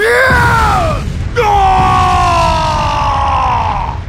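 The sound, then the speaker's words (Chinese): Two men, the brothers Fourth Elder and Fifth Elder in the Douluo Dalu audiobook, let out loud, angry roars, a short bellow followed by a longer, sustained yell whose pitch slowly sinks, both harsh and strained. “就在这时，四供奉、五供奉这兄弟二人同时怒吼一声，同时反身。”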